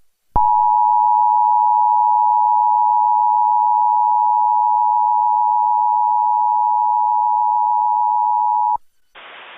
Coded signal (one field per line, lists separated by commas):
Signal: Emergency Alert System (SAME) tones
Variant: 853 and 960 Hz attention tone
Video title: EAS Reenactment Mock: SVR for Hidalgo County, TX - APR 20 2012